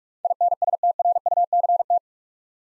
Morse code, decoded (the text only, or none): INSTRUCT